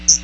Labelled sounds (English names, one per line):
Hooded Warbler flight call